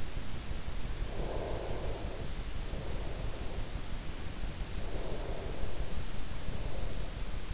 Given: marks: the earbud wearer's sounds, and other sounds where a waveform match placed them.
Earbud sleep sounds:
sounds in sleep by an in-ear microphone; breath
0.80-3.43 s: breath
4.58-7.54 s: breath

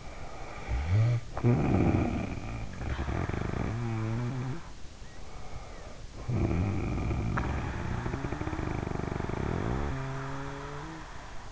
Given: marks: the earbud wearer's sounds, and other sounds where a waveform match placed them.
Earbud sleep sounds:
sounds in sleep by an in-ear microphone; snoring breath
0.00-4.88 s: snoring breath
5.08-11.52 s: snoring breath

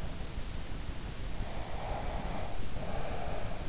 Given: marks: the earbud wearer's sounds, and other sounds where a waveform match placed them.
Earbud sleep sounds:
sounds in sleep by an in-ear microphone; breath
1.53-3.58 s: breath

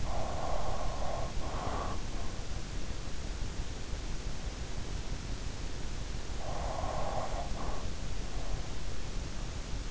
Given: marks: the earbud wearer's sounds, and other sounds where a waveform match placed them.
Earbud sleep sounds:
sounds in sleep by an in-ear microphone; breath
0.00-2.46 s: breath
6.41-8.15 s: breath

